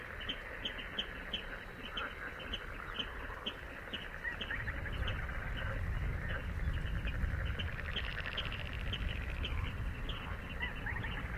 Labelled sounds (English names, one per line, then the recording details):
Little Crake call
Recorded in the wild
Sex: female
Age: adult
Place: Kützerhof, Kummerower See, Mecklenburg-Vorpommern, DE
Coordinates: 53.85, 12.85
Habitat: wetland
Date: 2009-06-17
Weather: leicht bewölkt, schwacher Wind aus West, ca. 10 °C
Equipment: Sound Devices 702, Sennheiser MKH 70, Popschutz
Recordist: Frommolt, Karl-Heinz